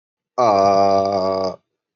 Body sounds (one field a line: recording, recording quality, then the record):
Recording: sustained vowel as in made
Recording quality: excellent, no background noise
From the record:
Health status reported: healthy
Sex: male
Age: 30 years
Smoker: yes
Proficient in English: yes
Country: India